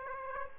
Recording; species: mosquito wingbeat signal from an infrared sensor; Aedes aegypti